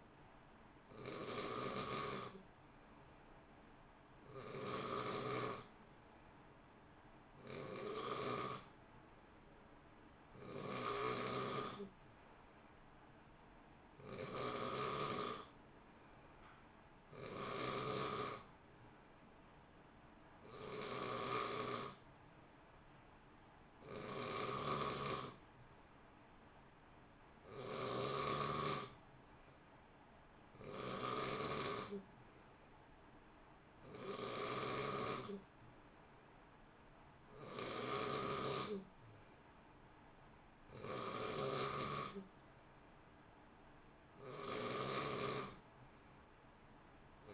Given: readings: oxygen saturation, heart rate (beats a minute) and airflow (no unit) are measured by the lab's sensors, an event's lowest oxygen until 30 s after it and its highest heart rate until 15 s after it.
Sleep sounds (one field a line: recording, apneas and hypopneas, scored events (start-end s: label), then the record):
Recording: breathing in sleep by a voice recorder at the bedside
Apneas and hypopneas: none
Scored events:
none scored
From the record:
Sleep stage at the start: N3 (deep sleep)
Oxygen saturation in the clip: 90 to 91%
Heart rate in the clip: 58 to 64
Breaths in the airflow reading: 17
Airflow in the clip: -0.9 to 0.8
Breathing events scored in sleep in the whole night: 328 in 6.3 hours asleep